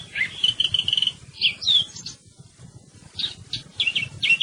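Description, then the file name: Thrush song: a trilled whistled phrase, a few slurred notes, a pause, then several quick varied notes, over low background rumble. "TORDO"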